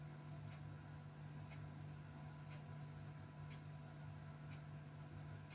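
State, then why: Not seated. The internal latch mechanism parts of a miniature circuit breaker are positioned and aligned by hand before the mechanism is locked. A steady low hum runs throughout, with faint, soft ticks about once a second. Nothing has seated or clicked yet.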